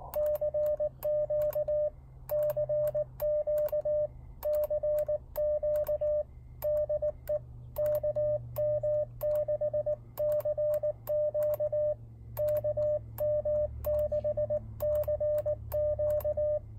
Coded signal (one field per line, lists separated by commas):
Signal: Morse code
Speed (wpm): 19 wpm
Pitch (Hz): 600 Hz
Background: radio noise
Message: CQ CQ CQ DE KM6CQ KM6CQ